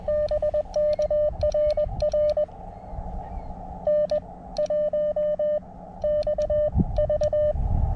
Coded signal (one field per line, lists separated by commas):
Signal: Morse code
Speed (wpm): 20 wpm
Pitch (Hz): 590 Hz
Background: none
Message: BK RR N1XV